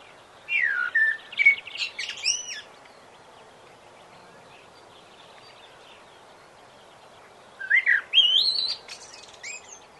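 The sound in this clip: Common blackbird song: a mellow fluted phrase near the start and another after a long pause, each followed by squeaky high notes.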